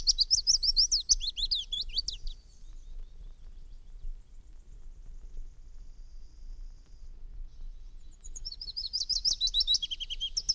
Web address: pouillots fitis